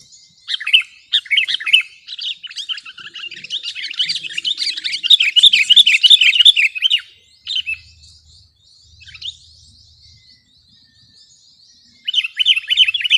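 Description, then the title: Sooty-headed bulbul singing a long, rapid run of chattering, slurred notes, then quiet with faint low rumbles before a final short burst. "kutilang"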